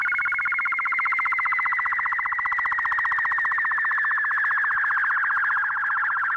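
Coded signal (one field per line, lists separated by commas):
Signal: SSTV (slow-scan television)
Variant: 8-second black and white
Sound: rapid buzzy warbling tone with fast regular ticking, about fifteen ticks per second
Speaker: So, uh, we'll go ahead and send this picture of, uh, the moon and Celadus. W6 VIO going video.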